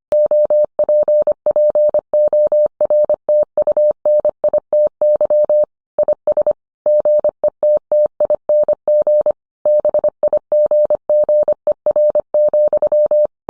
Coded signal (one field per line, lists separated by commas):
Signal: Morse code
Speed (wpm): 25 wpm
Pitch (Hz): 600 Hz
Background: none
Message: OPPORTUNITY IS GETTING BIGGER,